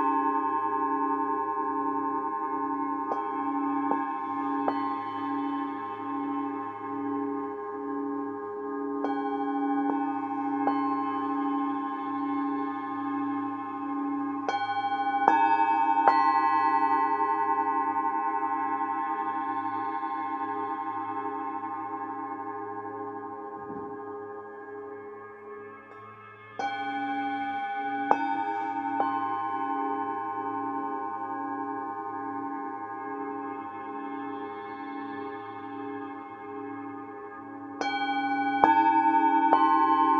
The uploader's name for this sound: Tibetan Sound Bathing